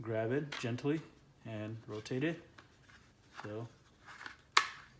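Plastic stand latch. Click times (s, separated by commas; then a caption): 4.6 s. A game console's plastic stand base is held gently and rotated until it locks into its upright position while someone talks. A sharp, loud click is heard at 4.6 seconds as the stand seats into place.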